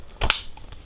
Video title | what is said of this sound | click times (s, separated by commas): Source D-vide 3L Dual Hydration Bladder Gear Review | once you hear that click you know you're good to go | 0.3 s